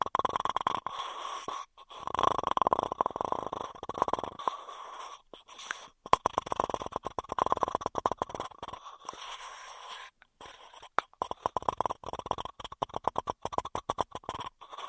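Intense straw triggers: dense bursts of rapid crackling and clicking, bright and scratchy, pile up in quick runs. Short silent gaps break the flow near two, five and ten seconds, and the later stretch turns choppier, with sharper separate clicks.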